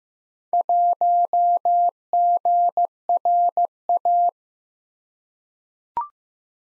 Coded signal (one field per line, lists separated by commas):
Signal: Morse code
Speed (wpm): 15 wpm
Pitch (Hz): 700 Hz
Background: none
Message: 1GRA